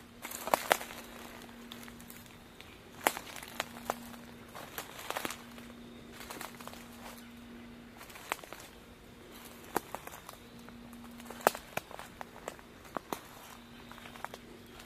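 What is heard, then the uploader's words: Footsteps on a fall nature walk come as sharp crunching clicks, spread irregularly with small clusters near the start, around three seconds, and again near ten and eleven seconds. A steady low hum runs underneath, cutting out briefly a few times. Nature Walkabout in Fall.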